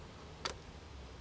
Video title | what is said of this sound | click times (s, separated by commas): Project George - A Pretty Bad Day in the Office! | did you hear that little positive click there | 0.5 s